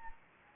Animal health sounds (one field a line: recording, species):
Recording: mosquito wingbeat signal from an infrared sensor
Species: Anopheles gambiae